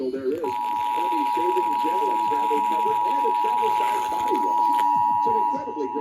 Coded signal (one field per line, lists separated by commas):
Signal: Emergency Alert System (SAME) tones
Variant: 853 and 960 Hz attention tone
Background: speech